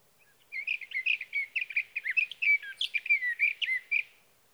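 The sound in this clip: Sage thrasher singing a fast, rambling warble of mixed chirps, slurs and whistles, running for roughly three and a half seconds.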